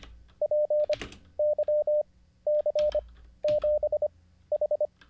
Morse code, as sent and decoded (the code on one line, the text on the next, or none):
.--. -.-- -.-. --... ....
PYC7H